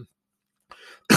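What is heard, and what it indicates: A short, harsh cough burst cuts in at the end, after the tail of an earlier burst and a soft breathy sound in between. This is a single dry cough in an adult man, linked to a throat that gets really dry from talking too much.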